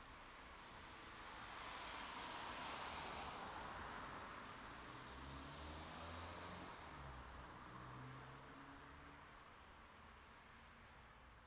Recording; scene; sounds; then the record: everyday scene through a hearing-aid microphone; in traffic; traffic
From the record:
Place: city secondary road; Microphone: in the ear canal, left